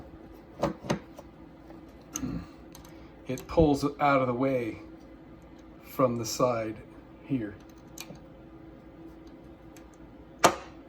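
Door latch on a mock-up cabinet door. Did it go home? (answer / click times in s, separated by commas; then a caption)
yes / 10.4 s. A door latch on a mock-up cabinet door is pulled out of the way as the door opens while someone talks, with a few light knocks and taps. At 10.5 s the latch springs back and pops into place with a loud, sharp click.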